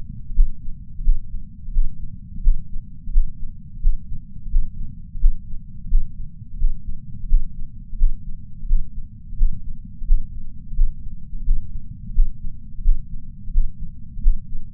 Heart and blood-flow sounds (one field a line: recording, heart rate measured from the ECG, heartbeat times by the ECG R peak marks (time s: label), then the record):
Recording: heart sounds by patch sensor on the chest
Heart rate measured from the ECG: 86 bpm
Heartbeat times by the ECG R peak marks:
0.34 s: heartbeat
1.03 s: heartbeat
1.73 s: heartbeat
2.42 s: heartbeat
3.12 s: heartbeat
3.81 s: heartbeat
4.51 s: heartbeat
5.20 s: heartbeat
5.89 s: heartbeat
6.58 s: heartbeat
7.28 s: heartbeat
7.97 s: heartbeat
8.67 s: heartbeat
9.37 s: heartbeat
10.06 s: heartbeat
10.75 s: heartbeat
11.45 s: heartbeat
12.14 s: heartbeat
12.83 s: heartbeat
13.52 s: heartbeat
14.22 s: heartbeat
From the record:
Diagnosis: coronary artery disease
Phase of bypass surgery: postoperative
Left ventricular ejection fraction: 69.2%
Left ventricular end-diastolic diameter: 44 mm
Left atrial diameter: 37 mm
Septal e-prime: 6.9 cm/s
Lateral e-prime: 8.2 cm/s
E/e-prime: 11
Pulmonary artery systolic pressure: 21 mmHg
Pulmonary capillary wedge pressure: 12 mmHg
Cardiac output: 4.9 L/min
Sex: male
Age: 63 years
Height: 170 cm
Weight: 85 kg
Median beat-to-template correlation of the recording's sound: 0.93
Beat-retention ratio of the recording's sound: 0.99